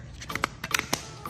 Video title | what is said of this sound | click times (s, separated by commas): Food and Items For Camping | and then it clicks back into place | 0.4 s